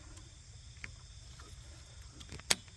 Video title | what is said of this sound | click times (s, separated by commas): How to replace the taillights on 2007-2014 GM SUV | feel it snap into place | 2.5 s